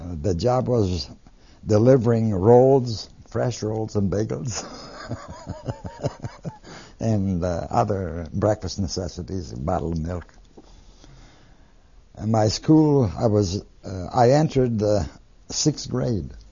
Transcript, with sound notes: The job was delivering rolls, fresh rolls and bagels. (He laughs.) And, uh, other breakfast necessities and bottle of milk. And my school, I was, I entered the sixth grade.